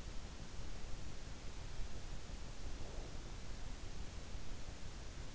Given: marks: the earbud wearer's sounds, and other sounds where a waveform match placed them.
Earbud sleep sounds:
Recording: sounds in sleep by an in-ear microphone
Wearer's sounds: breath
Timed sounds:
2.29-3.62 s: breath

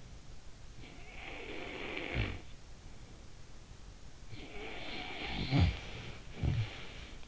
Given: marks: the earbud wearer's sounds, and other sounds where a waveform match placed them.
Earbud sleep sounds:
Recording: sounds in sleep by an in-ear microphone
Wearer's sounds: snoring breath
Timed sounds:
0.37-3.17 s: snoring breath
3.97-7.28 s: snoring breath

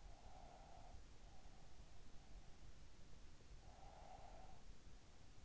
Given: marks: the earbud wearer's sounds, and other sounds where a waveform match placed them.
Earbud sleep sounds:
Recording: sounds in sleep by an in-ear microphone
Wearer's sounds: breath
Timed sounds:
0.01-1.92 s: breath
3.62-4.73 s: breath

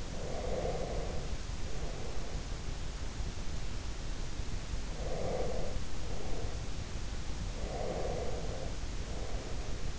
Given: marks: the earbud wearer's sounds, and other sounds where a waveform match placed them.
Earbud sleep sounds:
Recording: sounds in sleep by an in-ear microphone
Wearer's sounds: breath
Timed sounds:
0.00-2.53 s: breath
4.87-6.82 s: breath
7.60-9.94 s: breath

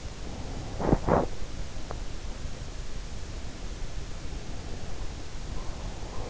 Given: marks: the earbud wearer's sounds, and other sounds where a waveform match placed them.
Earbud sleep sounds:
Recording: sounds in sleep by an in-ear microphone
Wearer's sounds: teeth grinding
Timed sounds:
0.50-1.93 s: teeth grinding

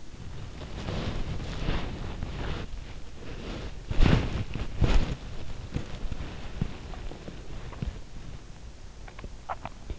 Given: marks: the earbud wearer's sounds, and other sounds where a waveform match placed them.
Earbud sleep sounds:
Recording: sounds in sleep by an in-ear microphone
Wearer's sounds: body movement, swallowing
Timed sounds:
0.00-8.91 s: body movement
9.43-9.96 s: swallowing

